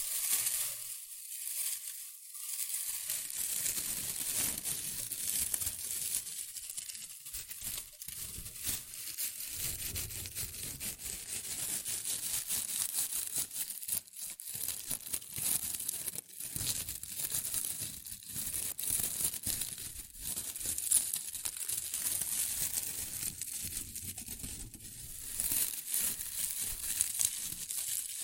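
Continuous rustling and crinkling of shredded tissue and packing peanuts, dense with sharp crackles and brighter bursts of handling every second or two. It starts a little softer for the first couple of seconds, then stays busy and fairly even throughout.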